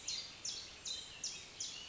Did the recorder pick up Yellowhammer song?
no